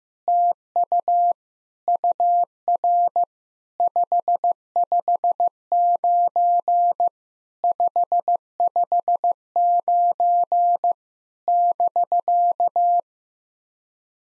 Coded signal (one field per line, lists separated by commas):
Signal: Morse code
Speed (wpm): 16 wpm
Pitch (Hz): 700 Hz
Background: none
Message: TU UR 559 559 <BK>